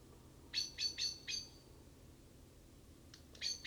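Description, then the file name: Common blackbird uttering four sharp chinks in quick succession, a gap, then a few more clipped notes at the end. "Turdus merula"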